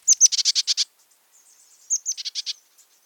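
Bridled Titmouse call: high, thin notes followed by a quick run of buzzy, chattering notes, given twice.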